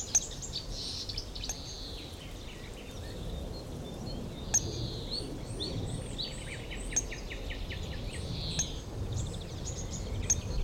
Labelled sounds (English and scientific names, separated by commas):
Marsh Warbler (Acrocephalus palustris)